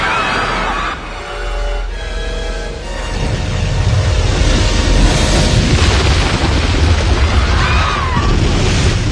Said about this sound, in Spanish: El enorme panzazo aplasta a los que flotaban sobre el mar, eleva una gran ola y hace caer a algunos de los que estaban en la barandilla.